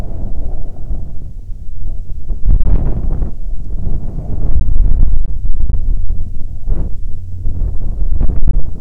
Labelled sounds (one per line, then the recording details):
wind
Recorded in the Prudhoe Bay oil fields, Alaska, on 22 July 2019 at 11:40
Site 13